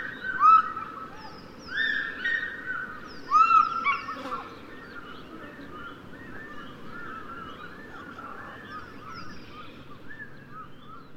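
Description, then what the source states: African fish eagle yelps, three loud ringing arched notes in the first four seconds, followed by a softer run of overlapping yelps. Soundscape featuring several African fish eagles.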